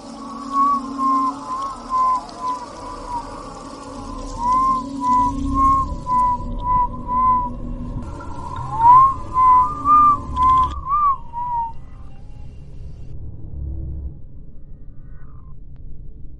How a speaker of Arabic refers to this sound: بعد كده بدأت أسمع صوت حد بيصفر.